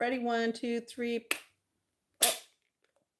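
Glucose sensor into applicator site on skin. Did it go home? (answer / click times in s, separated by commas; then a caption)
yes / 2.2 s. Someone talks, counting to three, and then presses the button on the plastic applicator of a Dexcom continuous glucose monitor sensor held against her skin. At 2.2 s the applicator fires with a single loud, sharp pop that sets the sensor into place. The sensor is seated.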